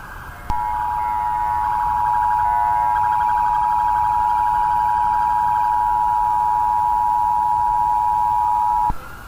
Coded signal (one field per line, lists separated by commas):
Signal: Emergency Alert System (SAME) tones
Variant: 853 and 960 Hz attention tone